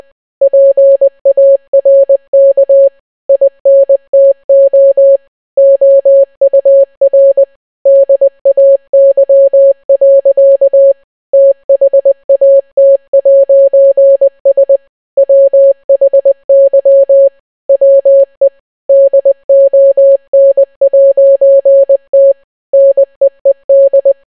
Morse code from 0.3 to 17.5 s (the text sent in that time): PARK INTO OUR DAY. THAT'S WHY